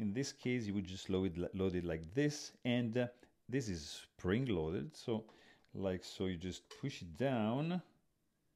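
A man talks while a 120 film spool is loaded and pushed down into the spring-loaded spool holder of a Horseman SW617 6x17 panoramic camera's film insert. Only speech is heard, with short pauses between phrases. The clip ends before the spool goes home, so nothing has seated or clicked yet.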